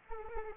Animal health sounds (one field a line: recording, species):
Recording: mosquito wingbeat signal from an infrared sensor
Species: Anopheles arabiensis